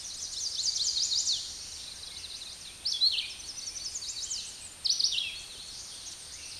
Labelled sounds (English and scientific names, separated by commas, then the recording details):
Red-eyed Vireo (Vireo olivaceus) song
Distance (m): 10 m
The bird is about 5 m above the microphone
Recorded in a Pennsylvania forest on 16 May 2024 at 09:27
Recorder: AudioMoth, point MSD-2494
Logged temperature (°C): 15.6 °C
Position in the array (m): 186 m, 160 m